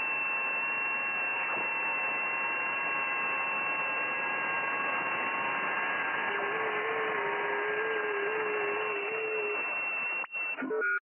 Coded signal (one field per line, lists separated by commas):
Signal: FT8